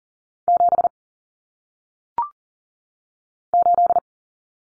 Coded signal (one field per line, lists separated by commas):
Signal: Morse code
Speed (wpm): 40 wpm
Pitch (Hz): 700 Hz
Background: none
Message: 7 8